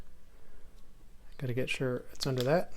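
A coin cell battery is being handled into the inner module of a Lexus RX330 car key fob, meant to sit under the small retaining clip. Quiet handling noise is followed by someone talking from about 1.4 seconds, with a faint brief tick near 1.3 seconds. Nothing has seated or clicked into place yet.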